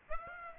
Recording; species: mosquito wingbeat signal from an infrared sensor; Aedes aegypti